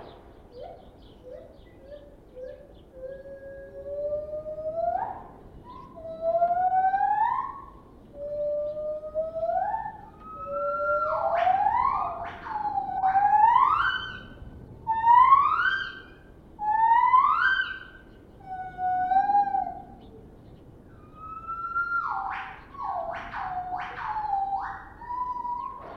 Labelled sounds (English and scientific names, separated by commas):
Lar Gibbon (Hylobates lar)